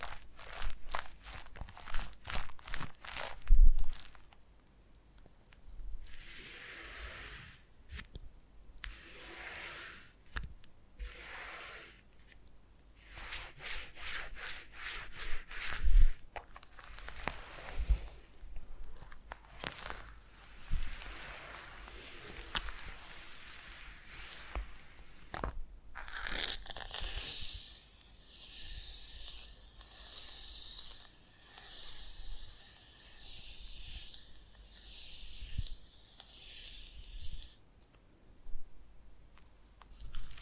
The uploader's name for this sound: Foam Massage